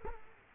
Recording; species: mosquito wingbeat signal from an infrared sensor; Culex quinquefasciatus